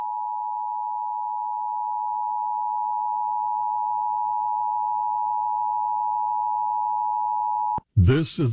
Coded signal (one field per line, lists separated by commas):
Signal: Emergency Alert System (SAME) tones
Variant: 853 and 960 Hz attention tone